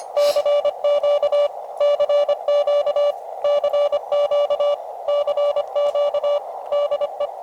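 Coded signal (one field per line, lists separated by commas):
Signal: Morse code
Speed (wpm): 25 wpm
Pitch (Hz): 580 Hz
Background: none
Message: CQ CQ CQ CQ DE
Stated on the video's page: Outdoor field CW at a ranch, QRP with an Elecraft KX2 and a Packtenna.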